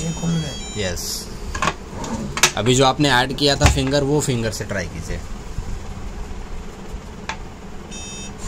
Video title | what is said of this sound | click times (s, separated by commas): wardrobe lock biometric full demo Yale lock all India 🙏❤️❤️❤️❤️❤️ | lock हो गया। वो अभी लॉक हुआ है। | 7.3 s